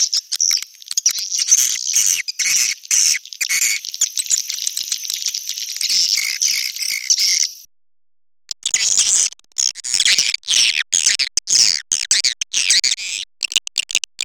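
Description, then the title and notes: Swiftlets twitter rapidly in high chirping bursts, a busy chorus that stops for a moment midway, then resumes in broken, choppy phrases. Swiftlet farming context, Asia. "Swiflet Bird Sound. Farming Swiflet Bird asia sound"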